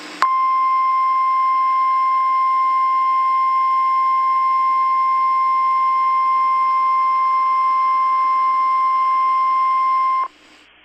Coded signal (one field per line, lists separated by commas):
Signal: Emergency Alert System (SAME) tones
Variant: 1050 Hz attention tone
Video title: EAS Scenario Special - Long Valley (With BlackBird7790)